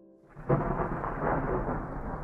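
At 1 a.m., a deep roll of thunder swells in after a quiet start and rumbles on steadily beneath a dense wash of heavy rain pouring down in torrents, loud and continuous throughout.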